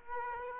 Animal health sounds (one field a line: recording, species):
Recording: mosquito wingbeat signal from an infrared sensor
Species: Aedes aegypti